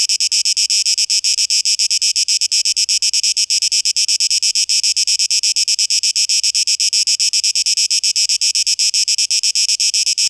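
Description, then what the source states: Cicada song, a dense high buzz pulsing rapidly and evenly, steady throughout with no other sounds. 12 August 2023.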